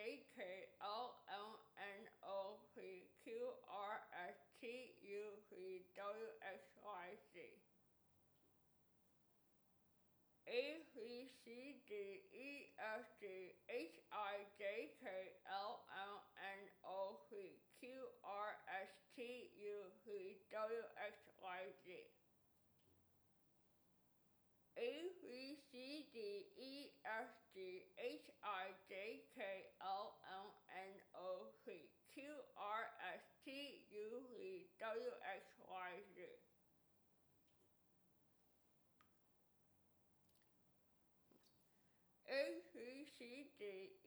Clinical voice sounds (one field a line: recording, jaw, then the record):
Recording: letters of the alphabet, spoken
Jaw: constrained by a bite bar between the teeth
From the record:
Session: first day, right after the free take